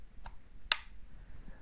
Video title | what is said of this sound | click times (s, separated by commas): 5.11 Thumb Drive vs. Serpa Holster Overview | You also get a nice audible click when it's locked in. | 0.7 s